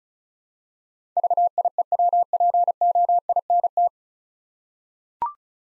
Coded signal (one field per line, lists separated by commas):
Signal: Morse code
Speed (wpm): 34 wpm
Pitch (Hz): 700 Hz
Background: none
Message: VIEWPOINT